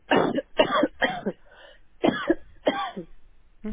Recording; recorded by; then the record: voluntary cough; telephone call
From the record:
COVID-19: negative